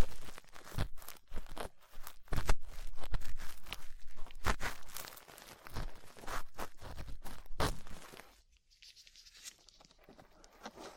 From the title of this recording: Ear Cleaning Latex Gloves, Dental Pick, Cotton Swabs